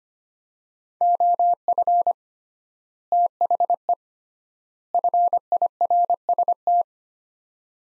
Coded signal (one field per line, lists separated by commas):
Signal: Morse code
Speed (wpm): 25 wpm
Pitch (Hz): 700 Hz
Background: none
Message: OF THE FIRST